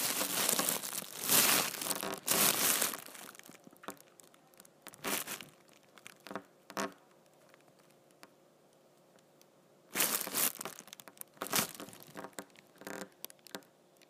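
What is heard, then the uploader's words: A large plastic trash bag crinkles and rustles, with loud handling in the first three seconds and again around ten to twelve seconds. Shorter crackling bursts fall in between, separated by quiet pauses. ASMR Big Ol Trash Bag.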